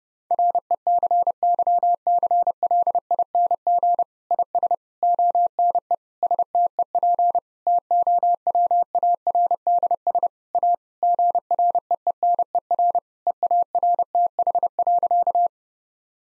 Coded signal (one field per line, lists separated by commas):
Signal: Morse code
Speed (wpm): 30 wpm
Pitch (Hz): 700 Hz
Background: none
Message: RECYCLING IS ONE STEP TOWARDS A GREENER EARTH.